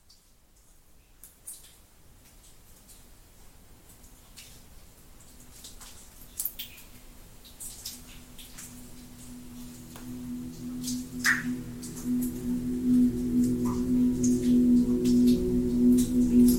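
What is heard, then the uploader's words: Scattered water drops fall at an uneven pace, each a short sharp plink, with a couple of brighter, ringing drops around 11 and 14 seconds. Beneath them a low, steady ringing hum, like a singing bowl, swells gradually from about ten seconds to the end. Relaxing Water Drops Sound Ambient Music.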